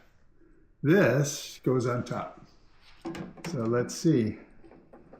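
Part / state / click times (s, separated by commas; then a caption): photo black ink cartridge into wide-format printer cartridge bay / seated / 4.9 s. Someone talks while a photo black ink cartridge is pushed into its slot in the cartridge bay of a wide-format roll paper printer. A faint little click is heard at 4.9 s as the cartridge seats.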